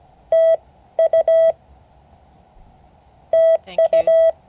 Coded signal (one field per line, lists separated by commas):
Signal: Morse code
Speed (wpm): 16 wpm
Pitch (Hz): 3250 Hz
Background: none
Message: TU TU